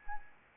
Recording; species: mosquito wingbeat signal from an infrared sensor; Anopheles arabiensis